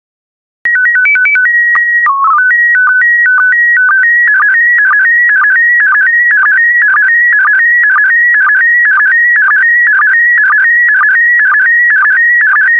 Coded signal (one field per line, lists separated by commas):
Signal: SSTV (slow-scan television)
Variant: PD 120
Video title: 101027 Fiji SSTV PD120